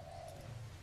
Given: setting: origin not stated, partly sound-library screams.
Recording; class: one-second piece from a danger detection set; normal situation